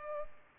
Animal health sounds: mosquito wingbeat signal from an infrared sensor; Culex pipiens

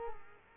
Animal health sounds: mosquito wingbeat signal from an infrared sensor; Culex quinquefasciatus

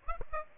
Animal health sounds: mosquito wingbeat signal from an infrared sensor; Aedes aegypti

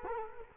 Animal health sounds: mosquito wingbeat signal from an infrared sensor; Culex quinquefasciatus

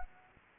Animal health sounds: mosquito wingbeat signal from an infrared sensor; Anopheles gambiae

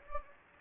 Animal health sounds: mosquito wingbeat signal from an infrared sensor; Anopheles gambiae

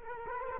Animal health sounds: mosquito wingbeat signal from an infrared sensor; Culex quinquefasciatus

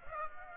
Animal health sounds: mosquito wingbeat signal from an infrared sensor; Aedes aegypti

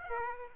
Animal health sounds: mosquito wingbeat signal from an infrared sensor; Aedes aegypti

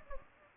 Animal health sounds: mosquito wingbeat signal from an infrared sensor; Anopheles gambiae

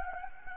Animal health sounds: mosquito wingbeat signal from an infrared sensor; Anopheles gambiae

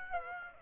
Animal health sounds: mosquito wingbeat signal from an infrared sensor; Aedes aegypti

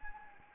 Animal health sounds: mosquito wingbeat signal from an infrared sensor; Anopheles gambiae

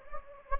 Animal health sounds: mosquito wingbeat signal from an infrared sensor; Anopheles gambiae

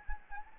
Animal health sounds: mosquito wingbeat signal from an infrared sensor; Anopheles gambiae

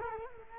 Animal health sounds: mosquito wingbeat signal from an infrared sensor; Culex quinquefasciatus

